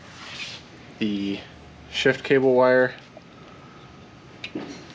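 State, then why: Seated. An electronic Di2 shift wire plug is pushed firmly into its port at the rear of an Outrider Transition mid-drive e-bike, a connector with no visible latch. Someone talks, then a short, sharp click at 4.4 s shows the plug has seated and will not come out.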